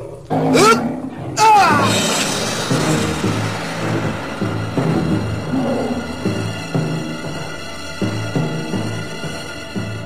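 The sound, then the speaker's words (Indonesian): A tiger pouncing at a tree roars twice in quick succession, loud, harsh growling bursts right at the start, then a dense, low rumbling backdrop carries on beneath. “Harimau itu menerkam pohon.”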